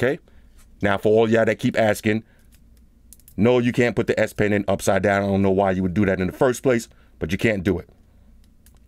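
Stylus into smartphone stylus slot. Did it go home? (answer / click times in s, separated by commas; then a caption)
yes / 8.7 s. Someone talks while handling the plastic S Pen stylus of a Samsung Galaxy Note 7, showing it won't go into its slot at the bottom of the phone upside down. A few faint taps sound during a pause around 2.5–3.3 s. After the talking ends, the stylus is re-inserted the right way and clicks back into place at 8.7 s.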